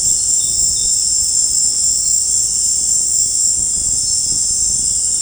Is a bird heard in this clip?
no